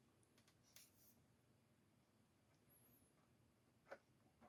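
The two bottom tabs of a Dell 1908FPT monitor's stand base are handled against the underside of the stand, producing light knocks near 0.8 s, 3.9 s and 4.5 s over a low, steady background hum. Nothing has latched or clicked into place yet.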